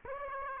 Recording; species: mosquito wingbeat signal from an infrared sensor; Aedes aegypti